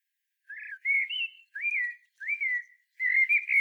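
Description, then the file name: Common blackbird song: five or so smooth, fluty whistles in quick succession, with no other sounds. "Turdus merula"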